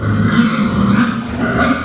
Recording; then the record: squeal of a Yucatan mini pig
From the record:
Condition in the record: after surgery on the right vocal fold (resection and tissue-engineered implant); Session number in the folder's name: 13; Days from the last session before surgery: 113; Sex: female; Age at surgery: 19 weeks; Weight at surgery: 25 kg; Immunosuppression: prednisolone